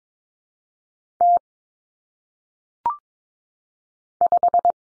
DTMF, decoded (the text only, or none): none